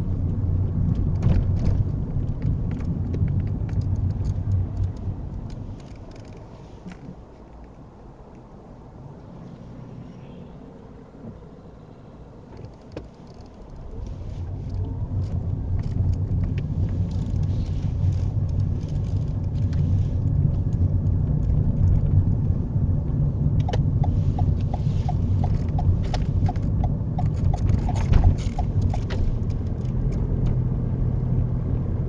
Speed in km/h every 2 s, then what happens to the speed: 24, 10, 0, 0, 0, 0, 10, 18, 19, 21, 23, 23, 23, 26, 29, 32.
0-4 brakes to 0. 4-10 standing. 10-14 pulls away to 18. 14-24 steady at about 21. 24-32 speeds up to 32.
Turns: 16-22.